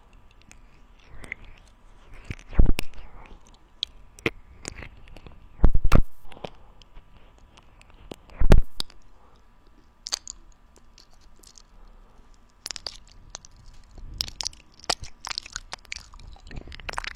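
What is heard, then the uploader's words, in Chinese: Mouth sounds and tongue clicks: sharp, dry pops arrive irregularly, with the loudest snaps near 3, 6 and 8.5 seconds. Softer wet clicks and smacks fill the gaps, bunching more densely toward the end, over a faint steady hum. 口腔音，弹舌。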